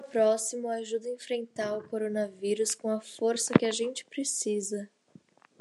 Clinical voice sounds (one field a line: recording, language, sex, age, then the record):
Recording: spoken sentence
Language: Brazilian Portuguese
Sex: female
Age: 18 to 19 years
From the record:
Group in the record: control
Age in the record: 18 years